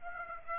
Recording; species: mosquito wingbeat signal from an infrared sensor; Aedes aegypti